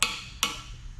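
A click-type torque wrench is pulled with a smooth, steady motion on a head or main bolt of a V8 engine block, set to 85 ft-lb. It gives a sharp click at 0.0 s, followed by a second similar sharp click at 0.4 s. The wrench clicks at its setting, confirming the bolt has been torqued to 85 ft-lb.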